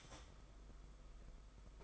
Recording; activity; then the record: daily activity, microphone in the room; start toaster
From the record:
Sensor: 5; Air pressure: 991.8 hPa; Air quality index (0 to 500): 167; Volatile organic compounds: 427 ppm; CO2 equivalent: 4715 ppm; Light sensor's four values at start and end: 33/109/41/43 and 33/109/41/43